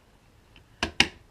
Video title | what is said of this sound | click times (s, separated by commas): VLog #8 Unboxing | then you just hear the click. | 1.0 s